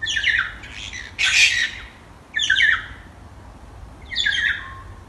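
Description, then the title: Bird singing at night in squawky, descending harmonic phrases, with a harsh rasping burst after the first phrase. Small birds singing at night on Kaukau mountain, New Zealand. "夜晚小鸟们的吟唱新西兰考考山"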